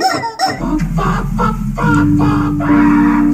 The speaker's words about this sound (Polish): Czy zagrać na instrumencie składającym się z setki gumowych kurczaków.